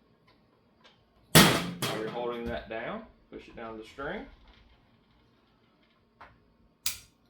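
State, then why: Seated. While the lever is held down, the cocking sled of a Ravin crossbow is pushed down to the string as someone talks. A sharp click at 6.9 s marks the sled latching onto the string, seated and confirmed.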